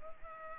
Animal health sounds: mosquito wingbeat signal from an infrared sensor; Culex pipiens

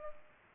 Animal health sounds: mosquito wingbeat signal from an infrared sensor; Culex pipiens

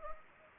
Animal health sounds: mosquito wingbeat signal from an infrared sensor; Anopheles gambiae

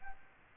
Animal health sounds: mosquito wingbeat signal from an infrared sensor; Aedes aegypti

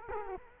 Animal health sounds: mosquito wingbeat signal from an infrared sensor; Culex quinquefasciatus

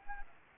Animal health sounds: mosquito wingbeat signal from an infrared sensor; Anopheles gambiae

